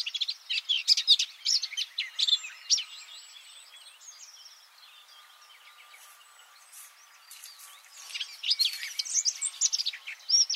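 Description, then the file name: Eurasian blackcap song: a burst of quick, high warbled notes, a faint thin whistle, then a quieter stretch before lively chattering phrases return near the end. "Sylvia atricapilla"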